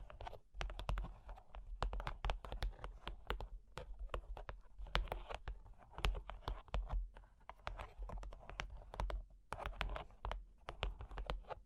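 Fingers tap, scratch and trace over cork and wood in a busy, irregular stream of small clicks and knocks, like rapid typing. The taps come several per second with brief pauses near the start and around nine seconds, over a steady low hum.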